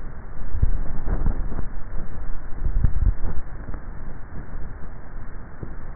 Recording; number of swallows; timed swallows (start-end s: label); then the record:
swallowing sounds by neck microphone; 2
0.43-1.23 s: swallow
2.63-3.33 s: swallow
From the record:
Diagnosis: dysphagia